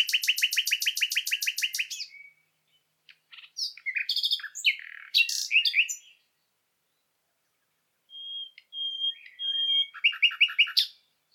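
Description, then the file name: Common nightingale song beginning with a fast, rhythmic repeated note series, followed by varied chattering phrases, a pure whistle, and another rapid repeated run. "Luscinia megarhynchos"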